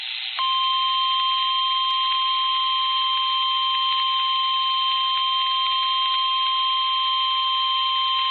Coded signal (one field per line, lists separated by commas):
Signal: Emergency Alert System (SAME) tones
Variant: 1050 Hz attention tone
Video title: Severe Thunderstorm Warning (Streamed) (EAS Alert #581)